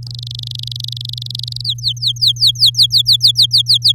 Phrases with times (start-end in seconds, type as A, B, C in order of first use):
0.03-1.61 A, 1.64-3.92 B